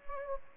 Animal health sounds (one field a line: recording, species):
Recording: mosquito wingbeat signal from an infrared sensor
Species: Anopheles gambiae